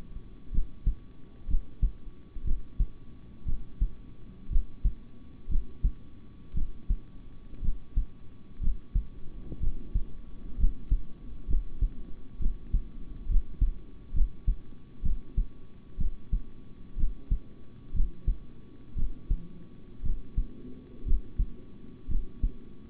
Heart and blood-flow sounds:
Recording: heart sounds by stethoscope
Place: between the tricuspid and mitral areas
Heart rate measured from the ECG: 61 bpm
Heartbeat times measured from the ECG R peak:
0.51 s: heartbeat
1.47 s: heartbeat
2.44 s: heartbeat
3.45 s: heartbeat
4.49 s: heartbeat
5.48 s: heartbeat
6.54 s: heartbeat
7.61 s: heartbeat
8.60 s: heartbeat
9.59 s: heartbeat
10.57 s: heartbeat
11.47 s: heartbeat
12.38 s: heartbeat
13.28 s: heartbeat
14.13 s: heartbeat
15.02 s: heartbeat
15.97 s: heartbeat
16.96 s: heartbeat
17.93 s: heartbeat
18.95 s: heartbeat
20.02 s: heartbeat
21.05 s: heartbeat
22.08 s: heartbeat
From the record:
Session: rest, sitting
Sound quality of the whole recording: good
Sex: male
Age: 26 years

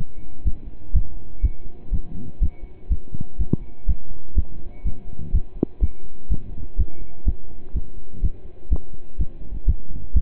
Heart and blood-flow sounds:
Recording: heart sounds by stethoscope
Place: between the tricuspid and mitral areas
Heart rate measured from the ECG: 124 bpm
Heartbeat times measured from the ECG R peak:
0.45 s: heartbeat
0.94 s: heartbeat
1.43 s: heartbeat
1.92 s: heartbeat
2.41 s: heartbeat
2.90 s: heartbeat
3.39 s: heartbeat
3.88 s: heartbeat
4.36 s: heartbeat
4.85 s: heartbeat
5.33 s: heartbeat
5.82 s: heartbeat
6.30 s: heartbeat
6.78 s: heartbeat
7.26 s: heartbeat
7.74 s: heartbeat
8.23 s: heartbeat
8.71 s: heartbeat
9.19 s: heartbeat
9.67 s: heartbeat
10.15 s: heartbeat
From the record:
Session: pedaling a stationary bicycle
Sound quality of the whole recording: partially saturated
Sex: male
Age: 27 years

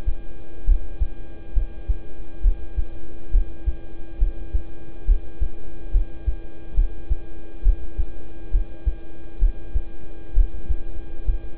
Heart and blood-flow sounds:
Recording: heart sounds by stethoscope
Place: between the tricuspid and mitral areas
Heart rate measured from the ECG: 68 bpm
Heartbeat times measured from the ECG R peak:
0.65 s: heartbeat
1.53 s: heartbeat
2.41 s: heartbeat
3.31 s: heartbeat
4.18 s: heartbeat
5.05 s: heartbeat
5.91 s: heartbeat
6.74 s: heartbeat
7.62 s: heartbeat
8.51 s: heartbeat
9.39 s: heartbeat
10.33 s: heartbeat
11.25 s: heartbeat
From the record:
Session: rest, lying down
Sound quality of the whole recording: good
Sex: male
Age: 26 years

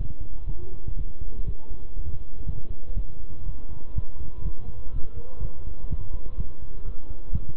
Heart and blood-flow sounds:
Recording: heart sounds by stethoscope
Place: between the tricuspid and mitral areas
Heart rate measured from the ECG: 122 bpm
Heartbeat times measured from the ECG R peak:
0.47 s: heartbeat
0.97 s: heartbeat
1.47 s: heartbeat
1.97 s: heartbeat
2.47 s: heartbeat
2.96 s: heartbeat
3.46 s: heartbeat
3.96 s: heartbeat
4.45 s: heartbeat
4.94 s: heartbeat
5.42 s: heartbeat
5.90 s: heartbeat
6.38 s: heartbeat
6.86 s: heartbeat
7.33 s: heartbeat
From the record:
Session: bicycle stress test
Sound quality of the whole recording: good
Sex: male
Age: 23 years

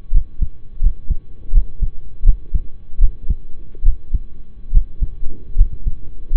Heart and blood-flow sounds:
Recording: heart sounds by stethoscope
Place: between the tricuspid and mitral areas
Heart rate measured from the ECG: 77 bpm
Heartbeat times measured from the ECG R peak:
0.12 s: heartbeat
0.80 s: heartbeat
1.52 s: heartbeat
2.24 s: heartbeat
2.99 s: heartbeat
3.83 s: heartbeat
4.71 s: heartbeat
5.55 s: heartbeat
6.31 s: heartbeat
From the record:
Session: rest, lying down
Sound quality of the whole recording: partially saturated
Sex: male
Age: 25 years

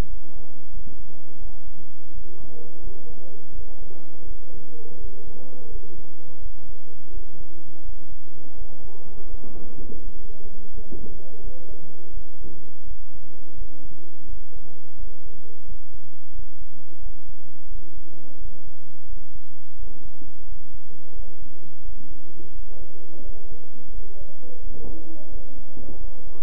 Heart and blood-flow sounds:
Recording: heart sounds by stethoscope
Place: between the tricuspid and mitral areas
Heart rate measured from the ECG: 86 bpm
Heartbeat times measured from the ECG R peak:
0.07 s: heartbeat
0.71 s: heartbeat
1.39 s: heartbeat
2.11 s: heartbeat
2.81 s: heartbeat
3.52 s: heartbeat
4.25 s: heartbeat
4.98 s: heartbeat
5.69 s: heartbeat
6.39 s: heartbeat
7.11 s: heartbeat
7.82 s: heartbeat
8.55 s: heartbeat
9.27 s: heartbeat
10.01 s: heartbeat
10.71 s: heartbeat
11.41 s: heartbeat
12.11 s: heartbeat
12.85 s: heartbeat
13.55 s: heartbeat
14.27 s: heartbeat
14.97 s: heartbeat
15.65 s: heartbeat
16.32 s: heartbeat
17.00 s: heartbeat
17.69 s: heartbeat
18.38 s: heartbeat
19.06 s: heartbeat
19.76 s: heartbeat
20.45 s: heartbeat
21.13 s: heartbeat
21.82 s: heartbeat
22.52 s: heartbeat
23.23 s: heartbeat
23.92 s: heartbeat
24.60 s: heartbeat
25.29 s: heartbeat
25.98 s: heartbeat
From the record:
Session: bicycle stress test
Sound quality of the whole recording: good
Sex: male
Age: 26 years

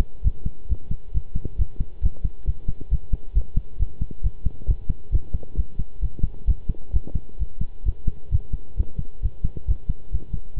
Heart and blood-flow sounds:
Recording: heart sounds by stethoscope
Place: between the tricuspid and mitral areas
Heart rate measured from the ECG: 134 bpm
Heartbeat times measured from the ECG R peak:
0.24 s: heartbeat
0.69 s: heartbeat
1.14 s: heartbeat
1.58 s: heartbeat
2.03 s: heartbeat
2.47 s: heartbeat
2.91 s: heartbeat
3.35 s: heartbeat
3.79 s: heartbeat
4.23 s: heartbeat
4.68 s: heartbeat
5.12 s: heartbeat
5.57 s: heartbeat
6.01 s: heartbeat
6.47 s: heartbeat
6.93 s: heartbeat
7.39 s: heartbeat
7.85 s: heartbeat
8.32 s: heartbeat
8.77 s: heartbeat
9.22 s: heartbeat
9.68 s: heartbeat
10.12 s: heartbeat
10.56 s: heartbeat
From the record:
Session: pedaling a stationary bicycle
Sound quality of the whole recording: good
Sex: male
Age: 23 years

